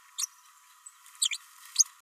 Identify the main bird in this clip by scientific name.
Forpus passerinus